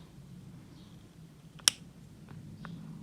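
A retractable travel watercolour brush is worked into its case through a stiff, very tight mechanism. A single sharp click rings out at 1.7 s as the brush head seats, followed by fainter ticks. The brush is seated, though it is unclear whether such a tight action is normal.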